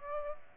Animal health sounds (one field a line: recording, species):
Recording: mosquito wingbeat signal from an infrared sensor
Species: Aedes aegypti